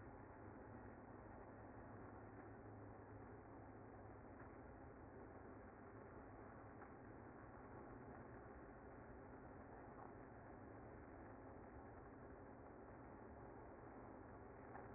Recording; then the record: honeybee colony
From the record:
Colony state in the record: active